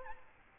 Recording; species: mosquito wingbeat signal from an infrared sensor; Aedes aegypti